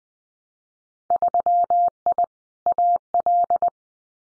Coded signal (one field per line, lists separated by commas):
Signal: Morse code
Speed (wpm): 19 wpm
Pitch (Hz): 700 Hz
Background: none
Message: 3I AL